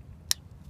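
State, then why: Released. A small plastic retaining clip holding the headlamp assembly on a 2007 Yukon Denali SUV is pushed down. A single sharp, bright click sounds at 0.3 seconds against a quiet low rumble. The clip clicks open, releasing the headlamp.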